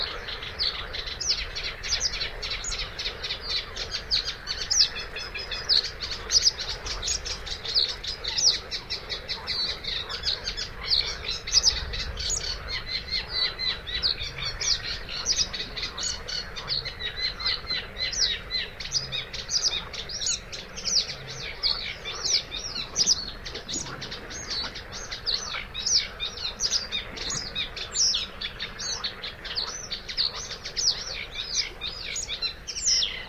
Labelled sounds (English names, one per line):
Eurasian Reed Warbler song